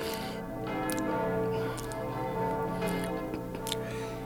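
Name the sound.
church bells ringing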